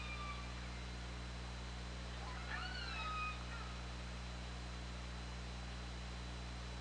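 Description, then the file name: Orca call, a single wavering squeal with overtones near the middle, a few faint tones earlier, over steady hiss and low hum. Recorded on the OrcaLab hydrophone on 24 August 2017 at 20:25. "Orca Lab UTLN 20170824 202535"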